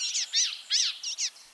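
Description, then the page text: Blue-gray Gnatcatcher giving a quick series of thin, nasal, buzzy notes, each slurring up and down, with short gaps between them. Slim 4½-inch bird of the East, Midwest and parts of the West; forages actively in trees and bushes for small bugs, often hovering briefly and flaring its long black-and-white tail. "BirdNote Daily Podcast - Blue-gray Gnatcatcher"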